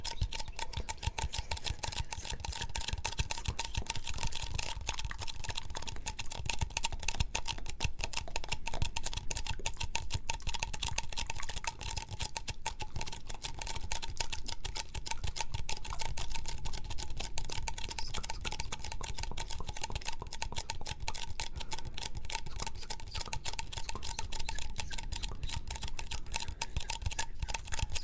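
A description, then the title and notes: Mouth sounds and sticky tapping make a dense, steady stream of quick clicks and crackles throughout, with a faint constant tone underneath. ASMR Mouth Sounds and Sticky Tapping.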